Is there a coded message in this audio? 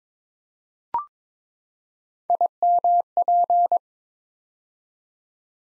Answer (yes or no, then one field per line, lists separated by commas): yes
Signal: Morse code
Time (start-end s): 2.3-3.8 s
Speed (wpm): 22 wpm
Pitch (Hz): 700 Hz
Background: none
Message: IMP